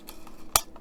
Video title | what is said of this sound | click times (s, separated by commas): Build the Shelby Cobra 427 SC pack 11 from Agora | we go it clicks into place and then we need to screw it down with | 0.6 s